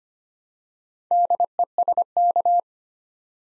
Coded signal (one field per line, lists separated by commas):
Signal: Morse code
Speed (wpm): 25 wpm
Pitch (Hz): 700 Hz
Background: none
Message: DESK